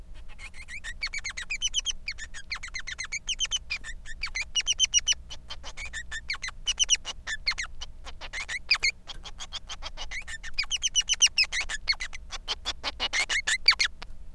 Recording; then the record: song of a male Bengalese finch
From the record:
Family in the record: son of father 3